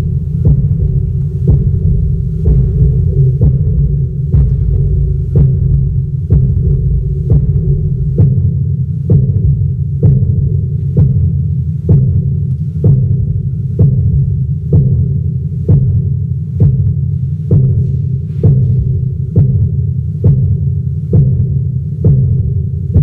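Steady, regular low thumps of an adult heartbeat at about 65 beats a minute over a constant low hum.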